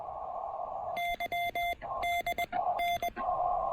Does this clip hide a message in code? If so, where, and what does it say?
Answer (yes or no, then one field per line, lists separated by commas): yes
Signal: Morse code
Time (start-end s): 1.0-3.1 s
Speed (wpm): 20 wpm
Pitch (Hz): 3500 Hz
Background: radio noise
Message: YDN